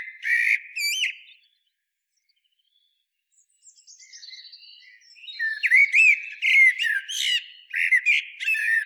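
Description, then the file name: Common blackbird singing a brief fluty phrase with a squeaky high end, then after a pause a longer run of mellow warbled notes and sharp high twitters. "Turdus merula"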